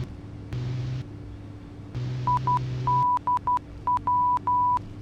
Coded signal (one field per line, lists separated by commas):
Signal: Morse code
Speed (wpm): 12 wpm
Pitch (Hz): 990 Hz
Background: none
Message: IDW